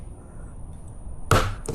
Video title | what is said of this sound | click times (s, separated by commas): Taisioner 5 Suction car mount install | Once it locks in place, it clicks. | 1.3 s